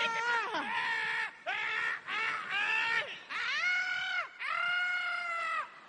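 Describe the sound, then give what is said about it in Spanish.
A man screams in about five loud, strained, high-pitched bursts, each held for roughly a second with short breaths in between, the pitch sliding and wavering. “¿Y vos por qué gritas?”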